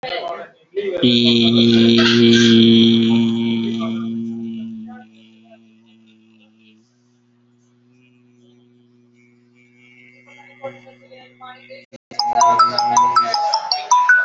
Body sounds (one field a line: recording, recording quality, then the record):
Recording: sustained vowel as in beet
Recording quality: excellent, no background noise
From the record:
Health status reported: healthy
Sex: male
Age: 20 years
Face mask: not worn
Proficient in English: yes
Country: India